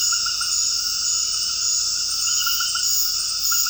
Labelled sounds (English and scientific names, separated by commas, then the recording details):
none
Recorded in dense forest near Puerto Asís, Putumayo, Colombia, on 19 February 2024 at 21:30
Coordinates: 0.481, -76.318
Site G6421